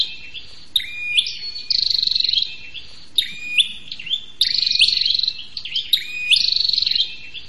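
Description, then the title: Prinia calling in bright, scratchy trilled phrases broken by quick rising chip notes, bursts coming in uneven clusters over a quiet background. Noisy calls used as a lure for trapping prenjak birds, including the red-headed prenjak and visiting prenjak. "Suara Prenjak Ribut Buat Pikat Burung Prenjak Kepala Merah Prenjak Tamu"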